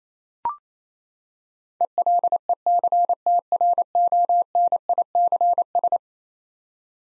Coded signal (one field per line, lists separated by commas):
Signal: Morse code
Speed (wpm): 27 wpm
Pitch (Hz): 700 Hz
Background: none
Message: ELECTRONICS